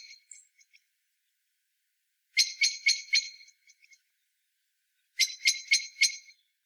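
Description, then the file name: Common blackbird giving a burst of sharp, clicking chak notes in quick succession, then a second burst after a pause, with a few soft notes at the start. "Turdus merula"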